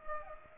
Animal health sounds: mosquito wingbeat signal from an infrared sensor; Culex pipiens

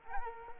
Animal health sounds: mosquito wingbeat signal from an infrared sensor; Culex quinquefasciatus

